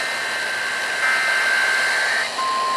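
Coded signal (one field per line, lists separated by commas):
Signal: Emergency Alert System (SAME) tones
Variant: header bursts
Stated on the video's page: Severe weather EAS alerts, including from NOAA Weather Radio, during thunderstorms with hail.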